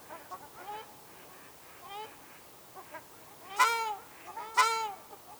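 Ruddy shelduck giving nasal honking calls, two loud harmonic honks near the end after several fainter, scattered calls earlier on.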